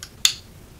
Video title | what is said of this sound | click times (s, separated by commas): BEST BUDGET EDC POCKET TANK!? - LOTHAR LICH KING Knife Unboxing, First Impressions and Overview | again a lighter lock right it's actually pretty quiet where it locks in place | 0.2 s